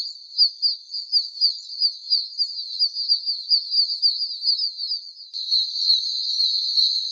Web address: oak toad